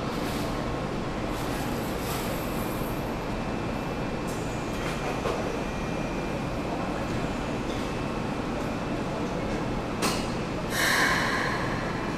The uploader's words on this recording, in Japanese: Keikyu New 1000 type (Siemens VVVF) Haneda Airport Sta. Departure Scene。I recorded it at Haneda Airport Station。ZOOM H2。